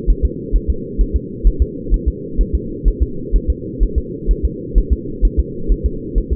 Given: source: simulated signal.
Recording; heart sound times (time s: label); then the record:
fetal heart sounds
0.10 s: S1
0.25 s: S2
0.56 s: S1
0.70 s: S2
1.01 s: S1
1.16 s: S2
1.47 s: S1
1.62 s: S2
1.94 s: S1
2.08 s: S2
2.41 s: S1
2.55 s: S2
2.88 s: S1
3.03 s: S2
3.36 s: S1
3.50 s: S2
3.83 s: S1
3.98 s: S2
4.31 s: S1
4.45 s: S2
4.78 s: S1
4.93 s: S2
5.25 s: S1
5.39 s: S2
5.72 s: S1
5.86 s: S2
6.18 s: S1
6.33 s: S2
From the record:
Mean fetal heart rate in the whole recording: 130 bpm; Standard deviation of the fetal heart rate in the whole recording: 2 bpm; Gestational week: 36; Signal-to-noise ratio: -4.3 dB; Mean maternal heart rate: 72 bpm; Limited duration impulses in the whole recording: absent